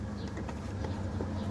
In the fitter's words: Okay na naka-lock na